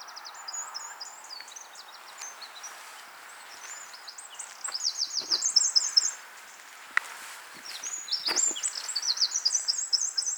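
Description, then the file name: Eurasian wren song, high rapid trills and chattering bursts, loudest around the middle and again toward the end, over a low wash of outdoor background noise. "Troglodytes troglodytes"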